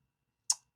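A plastic panel on a Legends-scale toy robot figure is lifted, closed and its tab pushed into the figure's body during transformation. A single sharp, bright click sounds at 0.5 s as the tab snaps into place and seats, with no talking.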